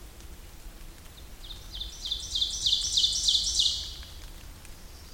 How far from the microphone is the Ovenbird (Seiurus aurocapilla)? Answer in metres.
about 20 m